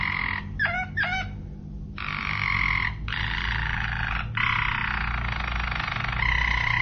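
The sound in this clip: Domestic canary singing two quick looping notes, then sustained buzzy rolling tours separated by brief breaks, over a steady low hum.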